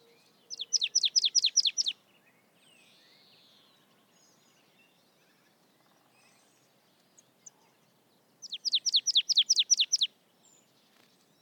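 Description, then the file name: Marsh tit calling: two bursts of about eight quick, evenly spaced high descending notes, each burst lasting over a second, separated by a long quiet gap. "Poecile palustris"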